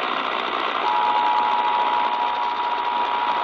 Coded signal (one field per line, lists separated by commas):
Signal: Emergency Alert System (SAME) tones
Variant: 853 and 960 Hz attention tone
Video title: New Jersey Required Monthly Test On WWRU